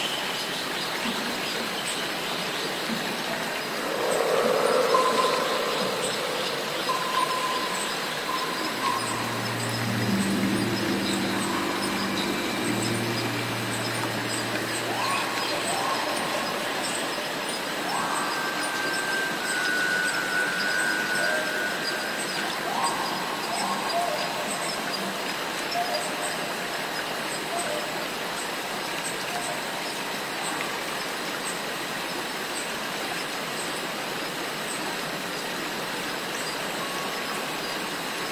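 Cicadas keep up a dense, steady hiss from start to finish, bright and unbroken. From about 4 to 15 seconds a low droning hum, like a passing engine, swells and fades. Fainter humming tones come and go until around 25 seconds.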